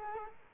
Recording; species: mosquito wingbeat signal from an infrared sensor; Culex quinquefasciatus